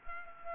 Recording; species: mosquito wingbeat signal from an infrared sensor; Culex pipiens